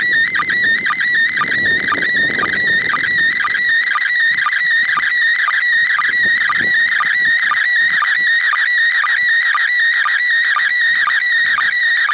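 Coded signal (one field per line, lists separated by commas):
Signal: SSTV (slow-scan television)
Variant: PD 120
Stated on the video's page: ISS MAI-75 SSTV images in PD120 mode, received from the International Space Station on a TH-D74E with an Arrow-2 antenna.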